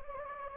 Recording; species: mosquito wingbeat signal from an infrared sensor; Anopheles gambiae